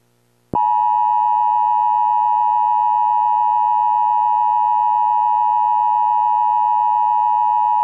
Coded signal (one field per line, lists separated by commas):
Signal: Emergency Alert System (SAME) tones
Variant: 853 and 960 Hz attention tone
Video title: EAS Tornado Warning